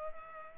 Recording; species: mosquito wingbeat signal from an infrared sensor; Culex pipiens